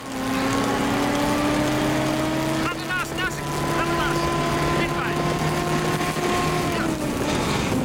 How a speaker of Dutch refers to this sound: Nou, jullie rijden op dezelfde snelheid mee naast de paarden met een auto om ze goed in beeld te brengen. Maar dat klinkt in de originele opname zo.